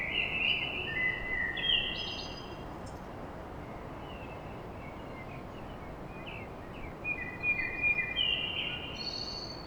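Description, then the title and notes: Common blackbird song: mellow fluted phrases around mid pitch ending in thin high squeaky flourishes, one phrase at the start and another near the end, over steady low city rumble. Recorded at dawn in Paris. "Blackbird Poetry At Paris On. Enregistrement d'un chant de merle à l'aube dans Paris"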